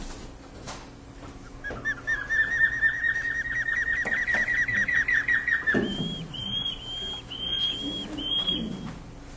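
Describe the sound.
Osprey calls: a fast run of short, sharp whistled chirps lasting about four seconds, followed by a few higher, longer whistles.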